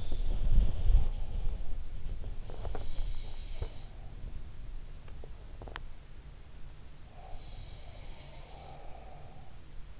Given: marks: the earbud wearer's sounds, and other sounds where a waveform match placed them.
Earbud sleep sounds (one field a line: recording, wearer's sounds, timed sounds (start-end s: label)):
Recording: sounds in sleep by an in-ear microphone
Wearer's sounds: body movement, teeth grinding, swallowing, breath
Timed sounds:
0.00-1.85 s: body movement
2.43-2.94 s: teeth grinding
3.50-3.86 s: swallowing
5.49-5.89 s: teeth grinding
7.07-9.39 s: breath
7.63-8.90 s: sound from someone else or the room